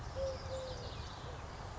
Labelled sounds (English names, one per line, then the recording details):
Eurasian Collared Dove
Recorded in Sonoma County, California